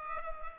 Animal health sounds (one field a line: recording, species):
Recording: mosquito wingbeat signal from an infrared sensor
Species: Culex pipiens